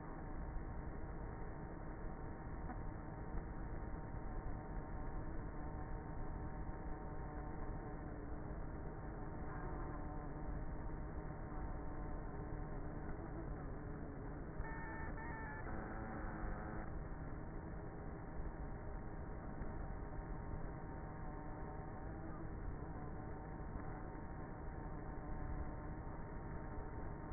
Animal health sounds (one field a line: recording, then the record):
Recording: honeybee colony, microphone inside the hive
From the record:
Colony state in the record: queenless with a low population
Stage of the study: before two queens were removed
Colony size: about 30,000 bees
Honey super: no